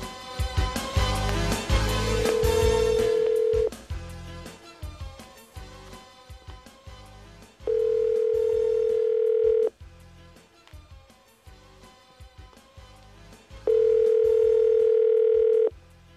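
A phone ringing tone sounds three times during an attempt to reach Luciano Gaucci live by phone, each a steady, fairly low-pitched beep lasting about two seconds with long pauses between, over a busy background of music.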